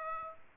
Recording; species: mosquito wingbeat signal from an infrared sensor; Aedes aegypti